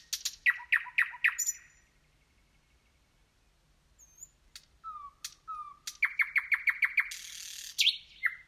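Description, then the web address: Nightingale song: rapid rattling phrase, a quiet gap, then slurred notes and a loud fast series of repeated chopped notes ending in a buzzy flourish. "slowik nocny spiew slowika"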